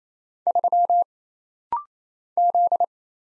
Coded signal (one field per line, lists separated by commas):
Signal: Morse code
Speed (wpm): 27 wpm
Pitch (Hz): 700 Hz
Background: none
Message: 3 Z